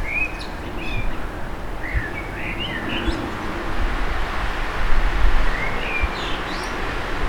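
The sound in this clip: Birds calling with brief rising and falling whistled chirps at irregular intervals, over strong low wind noise with occasional thumps.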